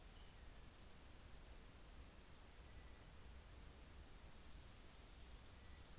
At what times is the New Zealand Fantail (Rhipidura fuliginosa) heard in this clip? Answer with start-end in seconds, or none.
none